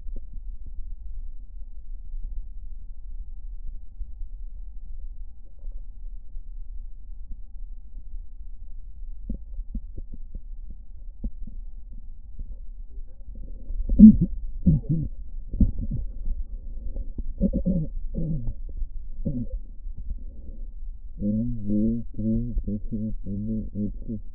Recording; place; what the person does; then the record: lung sounds by stethoscope; left posterior apical chest; quiet breathing, then cough and speech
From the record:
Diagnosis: none (healthy); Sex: male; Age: 35 years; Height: 186 cm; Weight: 108 kg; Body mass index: 31.2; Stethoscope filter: diaphragm mode